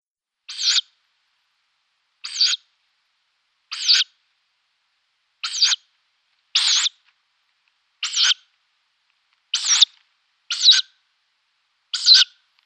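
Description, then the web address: Tawny owl young giving harsh, hissing screech notes, nine of them at irregular intervals of roughly one to two seconds, with silence between. Downy young. "Schulze Peter Tawny Owl downy Young"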